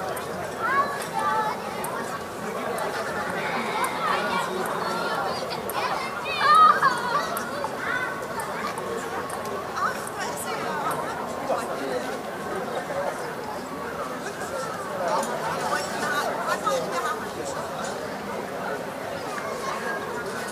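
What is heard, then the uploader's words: Children play on a summer evening, with a steady mix of overlapping voices and chatter running the whole time. The level stays fairly even, with brief louder calls near the start and around seven seconds, and a faint high whistle-like note mid-clip. Audio Journeys of Berlin: Summer Evening Joy and Child Play. Step into a blissful summer evening in Berlin with this immersive audio journey.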